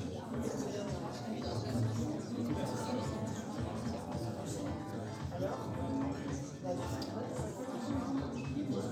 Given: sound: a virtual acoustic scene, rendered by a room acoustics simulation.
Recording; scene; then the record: noise of the scene; pub, with ISTS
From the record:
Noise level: 74 dB SPL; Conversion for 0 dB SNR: 1.6 dB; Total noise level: 75.6 dB SPL